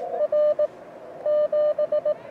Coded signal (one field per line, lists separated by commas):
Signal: Morse code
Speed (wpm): 17 wpm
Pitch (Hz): 590 Hz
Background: radio noise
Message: R 7